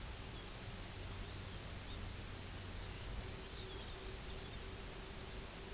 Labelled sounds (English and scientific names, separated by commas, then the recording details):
unidentified sound, Pectoral Sandpiper (Calidris melanotos)
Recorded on Arctic tundra, site UTQI-0, on 16 June 2019
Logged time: 12:00